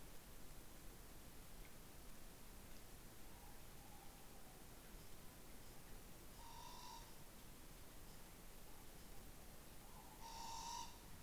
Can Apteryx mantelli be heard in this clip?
no